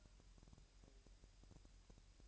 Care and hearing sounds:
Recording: daily activity, microphone in the room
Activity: take from stove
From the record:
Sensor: 2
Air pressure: 1001.8 hPa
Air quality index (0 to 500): 240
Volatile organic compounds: 31 ppm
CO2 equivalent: 2981 ppm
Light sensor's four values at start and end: 5/11/4/5 and 5/11/4/5

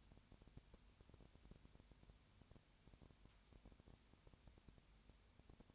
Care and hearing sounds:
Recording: daily activity, microphone in the room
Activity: no activity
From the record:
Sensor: 2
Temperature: 20.4 degrees Celsius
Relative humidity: 35.5%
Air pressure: 1007.1 hPa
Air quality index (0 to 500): 122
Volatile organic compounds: 2 ppm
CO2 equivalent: 1253 ppm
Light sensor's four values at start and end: 2/3/2/2 and 2/3/2/2

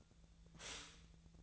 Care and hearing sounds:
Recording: daily activity, microphone in the room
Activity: stop toaster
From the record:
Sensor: 3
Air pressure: 1009.2 hPa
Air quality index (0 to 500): 198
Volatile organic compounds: 16 ppm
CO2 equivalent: 2559 ppm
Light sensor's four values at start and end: 32/80/34/36 and 32/80/34/36

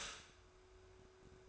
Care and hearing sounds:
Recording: daily activity, microphone in the room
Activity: stop toaster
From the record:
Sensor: 2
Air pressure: 1014.5 hPa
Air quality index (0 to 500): 204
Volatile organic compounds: 23 ppm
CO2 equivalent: 2795 ppm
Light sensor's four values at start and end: 3/9/3/3 and 3/9/3/3

